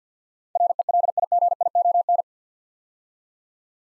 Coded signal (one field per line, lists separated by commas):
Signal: Morse code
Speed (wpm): 49 wpm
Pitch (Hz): 700 Hz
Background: none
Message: RELIGION